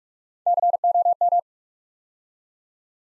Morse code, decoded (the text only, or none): COM